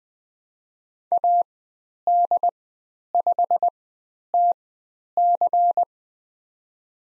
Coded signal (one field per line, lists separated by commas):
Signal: Morse code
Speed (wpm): 20 wpm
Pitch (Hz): 700 Hz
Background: none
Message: AD5TC